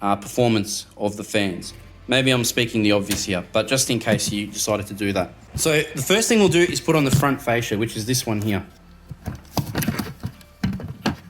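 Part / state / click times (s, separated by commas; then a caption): front fascia panel onto PC case / seated / 10.6 s, 11.1 s. Someone talks, then a plastic front fascia panel is fitted one-handed onto a PC case, with light handling knocks around 9.6–10.0 s. It clicks into place at 10.6 s and 11.1 s, and the fascia is seated.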